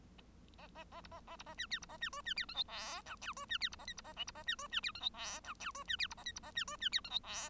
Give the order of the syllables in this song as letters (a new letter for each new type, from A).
A A A B A A B A C D B A C E C D F G H I J E C D B A K B A L B A C E C D F G H I J E C D B A K B A C E C D F G H